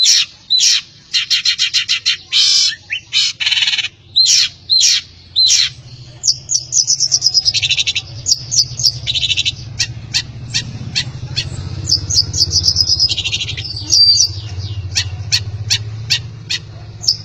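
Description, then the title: Long-tailed shrike song of varied harsh chatter, with short buzzy bursts and quick clicking notes that change to thinner, higher chirps later, over a faint low hum. "Cendet"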